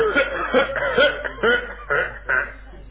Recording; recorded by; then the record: voluntary cough; telephone call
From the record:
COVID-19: positive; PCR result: checked with the laboratory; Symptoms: no